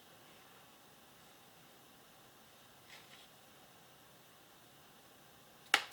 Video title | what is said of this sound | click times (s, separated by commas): Zero9 Holsters Axon Body 2 Camera Mount | i don't know you hear it click in though yep | 5.7 s